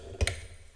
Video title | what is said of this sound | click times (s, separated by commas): HK MR556 A4 Upper/Lower Overview | clicks right back to the normal setting | 0.2 s, 0.3 s